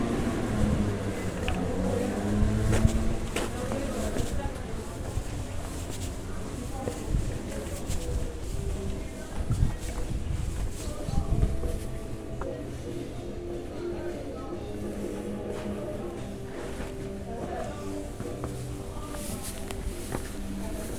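A sound walk in Cadaqués: voices talk in a steady murmur throughout, busiest in the first twelve seconds with frequent short clicks and knocks. A low rumble underlies it, and the scene settles to a quieter, even hum of chatter later on.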